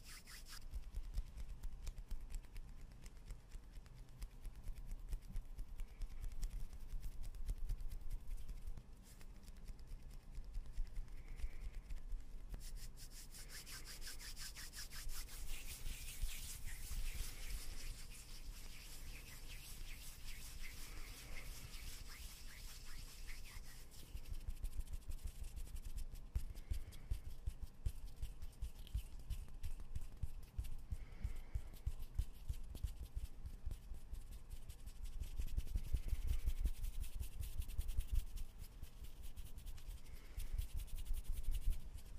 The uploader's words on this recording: Hand sounds // far away trains. Los Angeles at 1:45 in the morning, swift shuffling, skin.